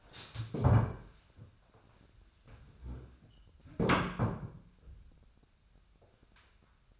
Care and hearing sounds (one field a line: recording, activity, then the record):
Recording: daily activity, microphone in the room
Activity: stand up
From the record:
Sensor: 2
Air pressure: 1015.1 hPa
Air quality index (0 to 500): 140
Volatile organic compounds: 5 ppm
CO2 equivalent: 1802 ppm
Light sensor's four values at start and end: 13/34/13/15 and 12/34/13/15